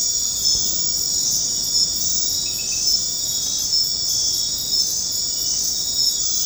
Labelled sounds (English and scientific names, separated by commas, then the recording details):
none
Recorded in dense forest near Puerto Asís, Putumayo, Colombia, on 4 March 2025 at 21:30
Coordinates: 0.500, -76.322
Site GP06